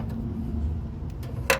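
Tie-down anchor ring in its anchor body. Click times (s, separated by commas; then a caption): 1.5 s. The metal ring of a tie-down anchor for the truck bed of a 2002 Ram Classic Tradesman is pulled all the way out of its anchor body over a steady low rumble, with a faint tick near 1.2 s. A sharp, bright click sounds at 1.5 s as the ring locks into its extended position. It then stays locked upright.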